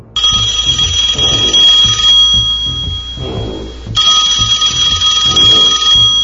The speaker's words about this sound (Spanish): Y así, cada quien puede personalizar su ringtone, güey.